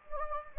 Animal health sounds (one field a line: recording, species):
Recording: mosquito wingbeat signal from an infrared sensor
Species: Anopheles gambiae